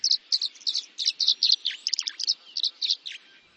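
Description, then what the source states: Tree Swallow calls: a run of bright liquid twitters and chirps repeated several times a second. Tree swallows swooping and gliding in June sunlight, gathering near their nest boxes on posts at the edge of a marsh.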